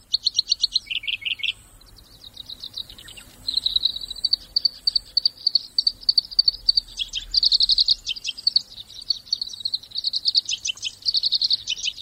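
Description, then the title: Black-browed reed warbler song: a long run of fast chattering, buzzy phrases, each note repeated in quick bursts, carrying on steadily. Recorded at the Sarakitanai River in Hokkaido, Japan. "サラキタナイ川（北海道）のコヨシキリ"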